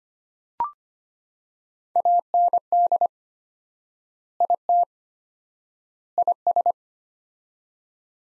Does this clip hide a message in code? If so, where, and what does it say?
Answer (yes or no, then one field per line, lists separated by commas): yes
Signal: Morse code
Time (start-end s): 2.0-6.7 s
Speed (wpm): 25 wpm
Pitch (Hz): 700 Hz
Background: none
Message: AND IT IS